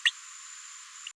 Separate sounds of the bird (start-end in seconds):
0.05-0.11